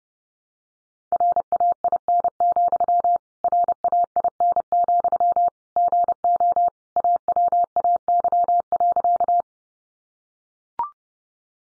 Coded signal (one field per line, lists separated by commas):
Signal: Morse code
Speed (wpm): 30 wpm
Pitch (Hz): 700 Hz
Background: none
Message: RAIN, RAIN, GO AWAY.